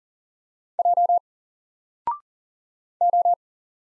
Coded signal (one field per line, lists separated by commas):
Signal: Morse code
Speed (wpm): 42 wpm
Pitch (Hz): 700 Hz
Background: none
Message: J O